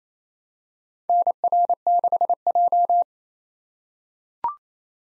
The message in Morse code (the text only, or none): NR6J